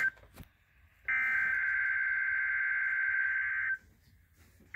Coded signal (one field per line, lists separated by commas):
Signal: Emergency Alert System (SAME) tones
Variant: header bursts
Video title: Just a normal Weekly Test... 4/22/20 (EAS #37)